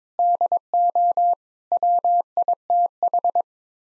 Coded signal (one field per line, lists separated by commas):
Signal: Morse code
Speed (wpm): 22 wpm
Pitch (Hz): 700 Hz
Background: none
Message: DO WITH